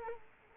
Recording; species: mosquito wingbeat signal from an infrared sensor; Culex quinquefasciatus